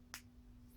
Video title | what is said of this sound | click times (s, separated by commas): UNBOXING VIDEO - New Patek Philippe Addition to the collection | there and then we just push it in hear that click pin and that | 0.1 s